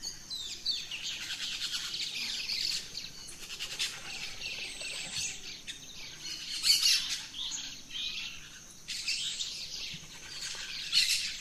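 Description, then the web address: Birds calling at dawn: a few loud squawk-like bursts rise above a continuous high background of chirps. Dawn chorus in rainforest, Gran Sabana, Venezuela. "naturescapes Birds in the Rainforest 03 Dawn Venezuela Gran Sabana"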